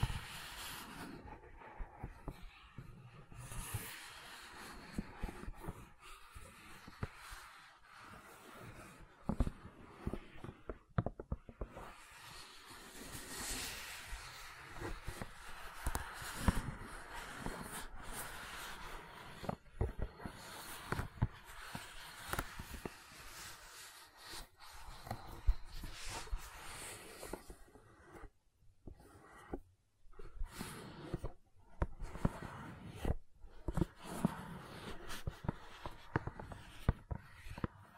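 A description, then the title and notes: Gentle handling of silicone objects gives a soft, continuous stream of squishing, rubbing and tapping. Small sharp clicks and pops land irregularly throughout, with brief quieter gaps near 11 and 29 seconds. Brighter crinkly textures stand out around 13 to 17 seconds. ASMR Gentle Silicon Sounds for Sleep (No Talking).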